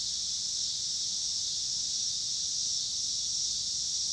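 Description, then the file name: Cicadas produce a dense, even, high buzz without pauses, a uniform insect drone over a faint low rumble. Cicadas recorded with passing car noise in Pittsburgh, Pennsylvania, on 26 August 2023. "cicadas and cars Pittsburgh PA"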